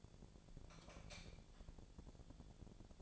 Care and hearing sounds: daily activity, microphone in the room; light off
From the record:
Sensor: 5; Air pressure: 1000.2 hPa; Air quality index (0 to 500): 103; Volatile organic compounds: 1 ppm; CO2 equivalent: 831 ppm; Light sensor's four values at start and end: 213/509/217/239 and 212/505/216/237

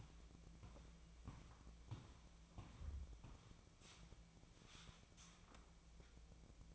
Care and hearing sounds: daily activity, microphone in the room; walk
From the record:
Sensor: 1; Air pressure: 1012.2 hPa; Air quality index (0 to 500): 179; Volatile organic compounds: 3 ppm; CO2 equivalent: 1473 ppm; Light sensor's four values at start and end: 50/137/56/69 and 48/133/54/66

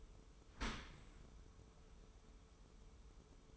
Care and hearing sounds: daily activity, microphone in the room; open dishwasher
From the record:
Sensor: 1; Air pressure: 1015.0 hPa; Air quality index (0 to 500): 25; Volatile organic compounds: 0 ppm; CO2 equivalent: 500 ppm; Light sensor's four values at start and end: 13/30/12/13 and 13/30/12/13

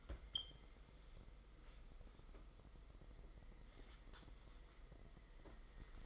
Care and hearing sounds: daily activity, microphone in the room; wipe stove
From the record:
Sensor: 5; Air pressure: 990.6 hPa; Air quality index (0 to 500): 152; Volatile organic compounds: 172 ppm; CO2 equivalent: 4112 ppm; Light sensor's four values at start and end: 42/117/47/51 and 41/114/46/50

